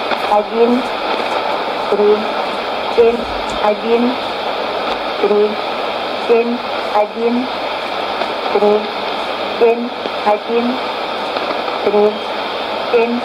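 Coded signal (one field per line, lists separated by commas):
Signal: numbers station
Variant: S06s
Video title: 10 08 2015 Numbers Station S06s 0832 on 8221 CUSB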